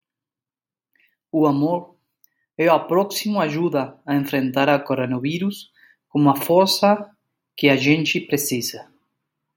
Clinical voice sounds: spoken sentence; Brazilian Portuguese; male; 40 to 49 years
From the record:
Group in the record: control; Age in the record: 41 years

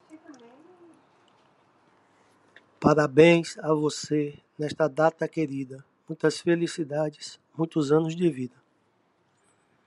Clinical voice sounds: short text; Brazilian Portuguese; male; 60 to 69 years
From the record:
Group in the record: control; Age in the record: 62 years

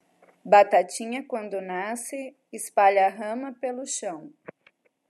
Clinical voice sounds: short text; Brazilian Portuguese; female; 40 to 49 years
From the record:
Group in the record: control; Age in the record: 46 years

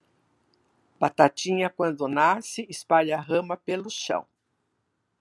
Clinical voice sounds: short text; Brazilian Portuguese; female; 70 to 79 years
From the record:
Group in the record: control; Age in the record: 73 years

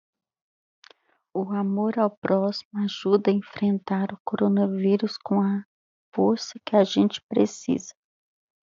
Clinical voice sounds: spoken sentence; Brazilian Portuguese; female; 50 to 59 years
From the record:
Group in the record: control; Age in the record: 56 years

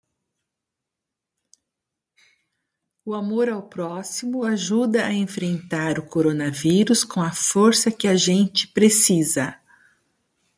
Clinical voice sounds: spoken sentence; Brazilian Portuguese; female; 50 to 59 years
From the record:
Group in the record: control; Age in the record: 58 years

